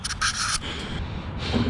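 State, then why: Not seated. A plastic rod end that popped off, unbroken, is being worked by hand back onto the metal suspension ball stud of an Outcast 8S RC car. Only scratching and rubbing sounds are heard across the 1.8 seconds, with brighter scraping bursts around 0.2–0.6 s and 1.4–1.7 s. Nothing has seated or clicked yet.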